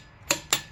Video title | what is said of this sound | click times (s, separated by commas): 2011 Toyota Sienna front struts and stabilizer links replacement. | what's the clicks that's it so you go to next one | 0.5 s